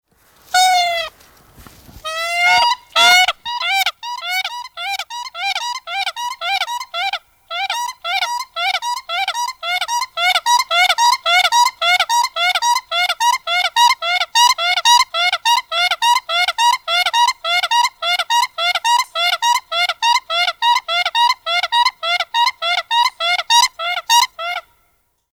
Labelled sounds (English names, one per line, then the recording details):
Siberian Crane
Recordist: Tembrock, Günter
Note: NULL